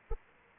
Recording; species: mosquito wingbeat signal from an infrared sensor; Anopheles arabiensis